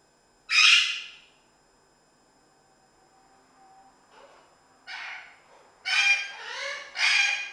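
Parrot squawks: one loud, harsh screech, a pause with faint murmurs, then a run of rough, grating calls close together.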